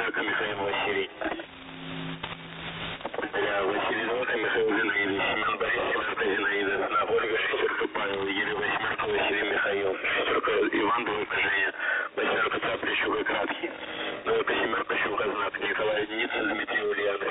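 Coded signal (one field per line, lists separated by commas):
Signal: coded military voice message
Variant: The Pip, Russian voice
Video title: The Pip | 18th August 2023 | "Dlya" Voice Message 2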